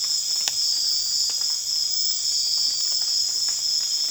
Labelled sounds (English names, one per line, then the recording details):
none
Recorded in secondary vegetation near Puerto Asís, Putumayo, Colombia, on 25 June 2025 at 00:30
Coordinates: 0.485, -76.322
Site GP06